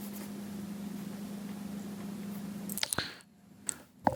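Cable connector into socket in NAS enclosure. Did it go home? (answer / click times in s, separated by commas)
yes / 4.1 s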